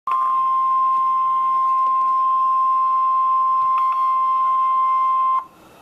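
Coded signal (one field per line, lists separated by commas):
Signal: Emergency Alert System (SAME) tones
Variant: 1050 Hz attention tone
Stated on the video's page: Severe weather statement, human-read, for a tornado warning in central Canadian County, Oklahoma.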